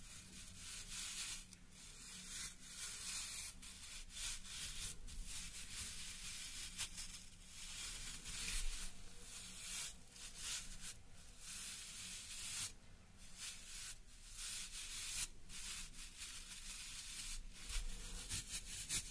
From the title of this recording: Hair roll